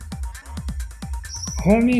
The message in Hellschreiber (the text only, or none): none